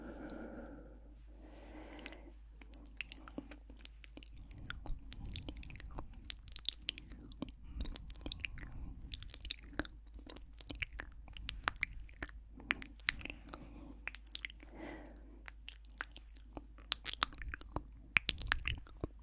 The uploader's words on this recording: Sensitive Mouth Sounds. This video has a lot of mouth sounds.